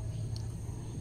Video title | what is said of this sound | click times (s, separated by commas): DIY IGNITION COIL SOCKET REPLACEMENT FOR TOYOTA VIOS - PAANO MAGPALIT NG SIRANG IGNITION COIL SOCKET | Pag lumagitik, okay na. | 0.4 s